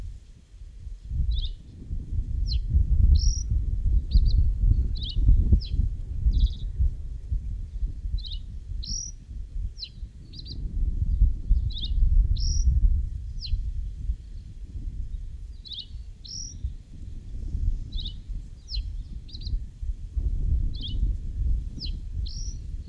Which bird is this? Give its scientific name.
Emberiza schoeniclus